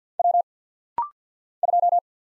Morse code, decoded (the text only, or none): W 2